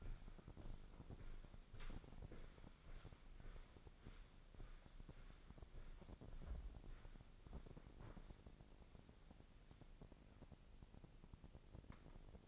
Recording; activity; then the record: daily activity, microphone in the room; walk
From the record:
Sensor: 5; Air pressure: 1009.4 hPa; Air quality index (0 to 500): 150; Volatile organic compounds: 2 ppm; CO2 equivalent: 1158 ppm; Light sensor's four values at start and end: 367/877/377/419 and 366/874/375/417